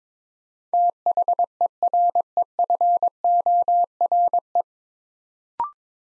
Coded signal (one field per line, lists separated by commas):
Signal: Morse code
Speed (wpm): 22 wpm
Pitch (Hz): 700 Hz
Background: none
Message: THEREFORE